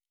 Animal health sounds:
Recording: hydrophone in a shrimp aquaculture tank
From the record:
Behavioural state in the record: normal

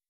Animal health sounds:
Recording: hydrophone in a shrimp aquaculture tank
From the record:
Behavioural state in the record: weakened

